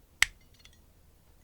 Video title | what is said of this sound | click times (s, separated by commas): Demo de la perforatrice œillet de chez Kipers | Voilà, clac. Donc elle est fermée. | 0.2 s